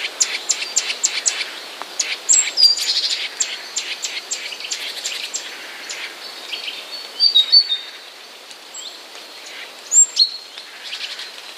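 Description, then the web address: Eurasian nuthatch chatter: rapid bursts of sharp, high clicking notes in uneven runs, with a few thin whistled notes near two, seven and ten seconds over a steady hiss. "wroblowe kowalik kowalikszczebiot"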